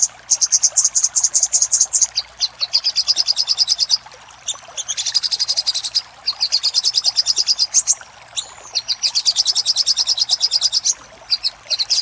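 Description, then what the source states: Little spiderhunter song: sustained runs of rapid, shrill chips at high pitch, repeated in several long bursts. Master recording for training cage birds; Indonesian name sogok ontong, labelled Labaik.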